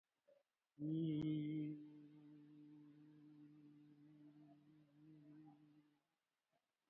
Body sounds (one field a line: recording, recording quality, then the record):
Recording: sustained vowel as in beet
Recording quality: excellent, no background noise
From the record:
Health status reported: COVID-19 positive, mild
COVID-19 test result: positive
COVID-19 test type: RT-PCR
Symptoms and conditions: cough, cold, fever, muscle pain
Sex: male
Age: 62 years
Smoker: no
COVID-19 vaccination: both doses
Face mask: worn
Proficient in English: yes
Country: India